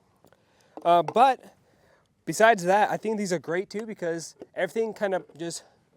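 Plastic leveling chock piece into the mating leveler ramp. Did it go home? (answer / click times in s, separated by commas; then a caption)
no / none. A plastic leveling chock piece is handled near the mating camper leveler ramp of a TRED GT camper leveler set while someone talks. The pieces have not snapped together yet, and nothing has seated or clicked.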